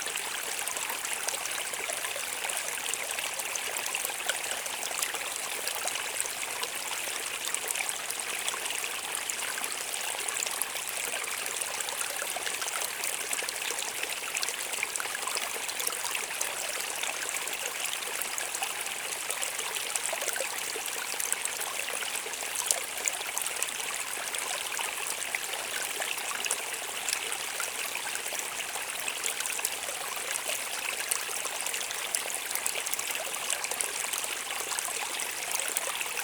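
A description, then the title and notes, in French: A stream runs steadily for the whole recording, a dense, even hiss of water with fine trickling and bubbling detail. The sound sits bright, with little low rumble and no pauses, just a constant flowing texture throughout. Ruisseau. Saint Pierre-la-Bourlhonne.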